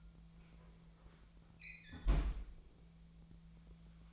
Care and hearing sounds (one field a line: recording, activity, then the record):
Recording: daily activity, microphone in the room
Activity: close fridge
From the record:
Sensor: 1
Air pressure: 1009.8 hPa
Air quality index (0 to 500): 191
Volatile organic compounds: 18 ppm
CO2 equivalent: 2623 ppm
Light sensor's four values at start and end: 33/85/35/43 and 33/85/35/43